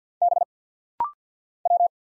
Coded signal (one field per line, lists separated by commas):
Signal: Morse code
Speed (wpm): 50 wpm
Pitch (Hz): 700 Hz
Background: none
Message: B W